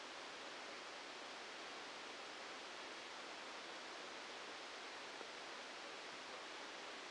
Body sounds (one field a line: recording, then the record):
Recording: brain microelectrode recording played as sound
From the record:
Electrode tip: outside the subthalamic nucleus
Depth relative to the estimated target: -3 mm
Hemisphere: left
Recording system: NeuroSet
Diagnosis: Parkinson's disease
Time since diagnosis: 14 years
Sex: male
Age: 51 years